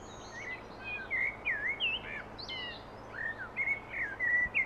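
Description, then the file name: Common blackbird song: a run of mellow whistled notes that dip and rise, followed by high scratchy twitters, with constant faint hiss behind. "Turdus merula"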